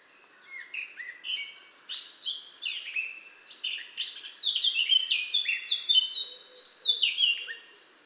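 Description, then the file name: Eurasian blackcap song, a fast run of rich, varied warbled phrases with sliding notes, growing louder and fuller toward the end before stopping. "Sylvia atricapilla"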